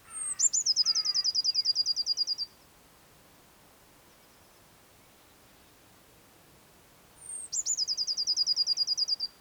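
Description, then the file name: Eurasian blue tit song with a high introductory note and a two-second trill, given twice; a lower, softer twitter sounds during the first phrase. "Cyanistes caeruleus"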